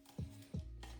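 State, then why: Not seated. Someone turns the plastic twist-lock top of a foaming drain cleaner bottle to line its arrow up with "open," with music playing in the background. Two low, dull handling bumps come at about 0.2 and 0.55 s, and a faint brief tick follows at 0.8 s. The cap has not yet locked into the open position; nothing has seated yet.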